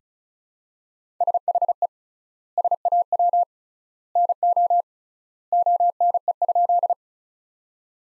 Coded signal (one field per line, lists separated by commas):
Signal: Morse code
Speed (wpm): 36 wpm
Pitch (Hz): 700 Hz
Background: none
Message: SHE SAW NO ONE?